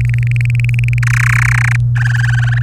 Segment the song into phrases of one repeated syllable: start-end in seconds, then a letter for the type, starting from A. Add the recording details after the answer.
0.00-0.98 A, 1.03-1.76 B, 1.96-2.63 C. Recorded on 24 April 2018 at 17:11. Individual llb3